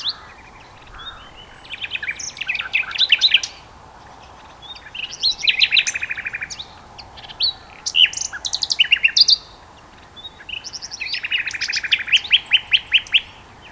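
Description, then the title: Common nightingale song: bursts of rapid repeated notes and sharp chattering phrases, each broken by pauses of about a second, over a faint background hiss. Two nightingales singing together as a duet on Westleton Heath. "sanderson. nightingale duet on westleton heath"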